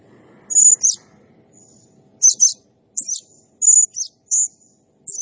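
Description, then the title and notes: Blue-crowned hanging parrot song of high, shrill paired squeaks and buzzy chirps, delivered in quick bursts with short silences, faint low murmur early on. Energetic gacor, rapid-firing singing used as a masteran (training sound) and lure for other birds; said to excite all birds. "Burung Serindit Nembak Gacor. Suara Nasteran Dan Pemikat Burung Serinditan Gacor"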